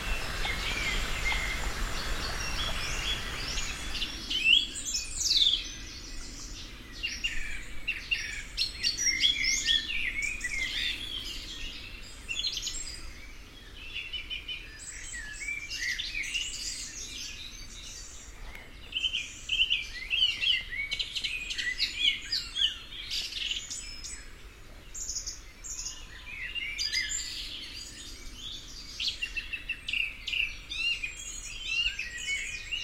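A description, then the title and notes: A dense dawn chorus by a river, many birds chirping and trilling brightly after a brief rushing opening, with a steady low murmur beneath. Dawn chorus in Bradford on Avon, Wilts, UK. Starting at 4:40am by the Avon river, then at various points on the river path down to Avoncliff. Recorded on the lovely DPA 4060 microphones on my lapels, or left on benches, with MixPre2.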